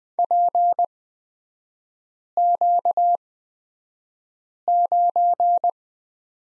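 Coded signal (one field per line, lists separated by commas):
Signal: Morse code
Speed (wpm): 20 wpm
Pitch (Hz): 700 Hz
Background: none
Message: PQ9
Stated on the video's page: Morse code course lesson on the prosign BK with three-character revision, sent at a Farnsworth speed of 20/10 wpm.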